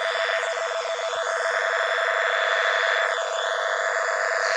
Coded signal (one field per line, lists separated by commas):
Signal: NAVTEX (SITOR-B)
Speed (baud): 100 baud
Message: ZCZC IA10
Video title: 518 Khz Navtex yayını Sekizgen loop ve RTL-SDR